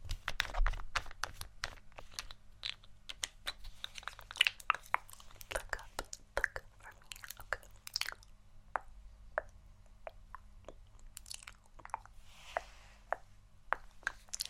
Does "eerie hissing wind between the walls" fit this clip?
no